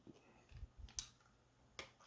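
A release button is pressed on a cordless Bitvae water flosser, popping the plastic nozzle tip out of the handle with a sharp click at 0.99 s. Softer taps and clicks come before and after. The tip comes free, and the release is confirmed.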